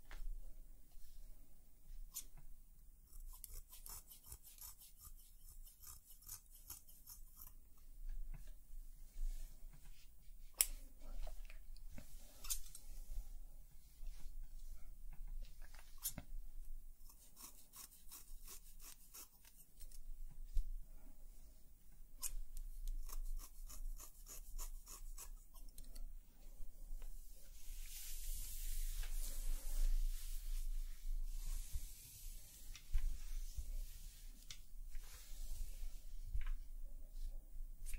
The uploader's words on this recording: ASMR Relaxing Haircut Roleplay (Layered Sounds & Real Hair Cutting).